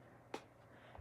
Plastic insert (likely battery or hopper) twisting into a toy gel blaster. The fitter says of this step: you just have to turn it until it clicks.